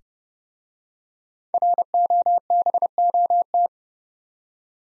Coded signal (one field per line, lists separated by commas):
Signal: Morse code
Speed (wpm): 30 wpm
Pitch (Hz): 700 Hz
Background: none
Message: ROBOT